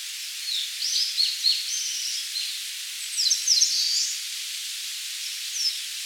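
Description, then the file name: Eastern crowned warbler song: a few high, hurried phrases of slurred notes, with a fainter note near the end, over soft hiss. "Phylloscopus coronatus"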